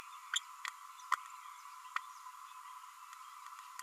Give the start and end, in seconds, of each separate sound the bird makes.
0.35-0.38